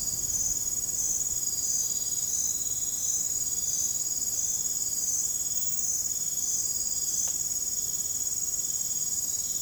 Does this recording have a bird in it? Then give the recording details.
no. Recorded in dense forest near Puerto Asís, Putumayo, Colombia, on 30 June 2025 at 02:00. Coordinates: 0.503, -76.323. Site G059